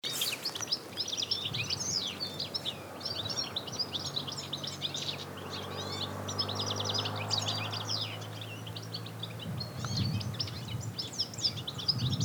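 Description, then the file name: European goldfinch twitter: steady stream of bright, liquid chirps and short trills throughout, over a low engine-like hum and outdoor noise. "Carduelis carduelis"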